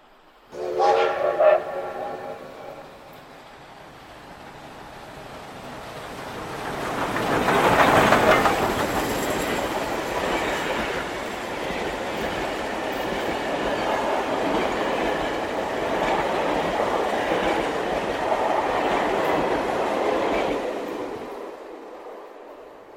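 A passenger train travelling to Kyiv, with a second-class carriage, rolls along the rails, opening with a short whistle blast before a steady rumble and rattling clatter of wheels swells and carries on, then cuts off near the end.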